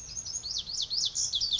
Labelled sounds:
Pacific Wren (Troglodytes pacificus)
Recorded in Sonoma County, California

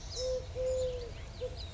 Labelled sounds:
Eurasian Collared Dove (Streptopelia decaocto)
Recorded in Sonoma County, California

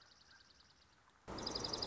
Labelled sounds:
Dark-eyed Junco (Junco hyemalis)
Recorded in Sonoma County, California

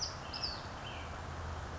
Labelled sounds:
Western Tanager (Piranga ludoviciana)
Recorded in Sonoma County, California

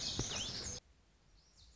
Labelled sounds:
Lazuli Bunting (Passerina amoena)
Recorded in Sonoma County, California

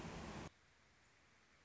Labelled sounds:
American Robin (Turdus migratorius)
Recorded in Sonoma County, California

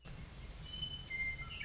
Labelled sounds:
Western Meadowlark (Sturnella neglecta)
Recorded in Sonoma County, California

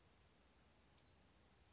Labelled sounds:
Western Flycatcher (Empidonax difficilis)
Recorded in Sonoma County, California

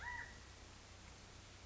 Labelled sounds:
California Quail (Callipepla californica)
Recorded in Sonoma County, California

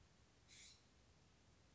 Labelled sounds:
California Scrub-Jay (Aphelocoma californica)
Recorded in Sonoma County, California

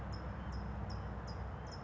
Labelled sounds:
California Towhee (Melozone crissalis)
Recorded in Sonoma County, California

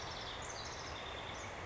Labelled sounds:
House Wren (Troglodytes aedon)
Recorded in Sonoma County, California

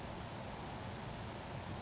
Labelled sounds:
California Towhee (Melozone crissalis)
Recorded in Sonoma County, California

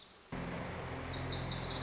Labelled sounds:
Lazuli Bunting (Passerina amoena)
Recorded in Sonoma County, California

